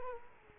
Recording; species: mosquito wingbeat signal from an infrared sensor; Culex quinquefasciatus